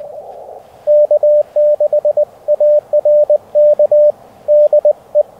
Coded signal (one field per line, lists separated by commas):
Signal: Morse code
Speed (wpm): 20 wpm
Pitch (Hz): 600 Hz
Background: radio noise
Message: K6ARK DE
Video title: Tiny Magnetic Loop - Big DX